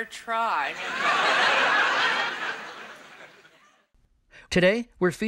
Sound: laughter

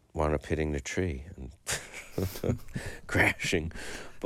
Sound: laughter

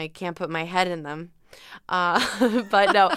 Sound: laughter

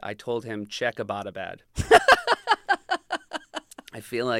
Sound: laughter

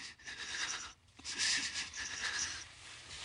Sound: crying

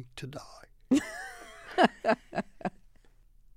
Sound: laughter

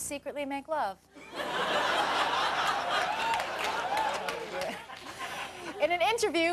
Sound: soundbite of laughter

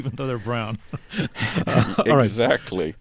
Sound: soundbite of laughter

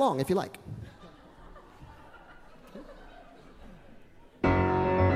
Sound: laughter

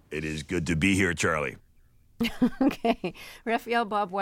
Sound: laughter

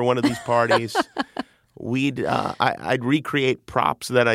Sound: laughter

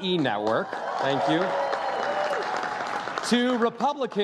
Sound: applause

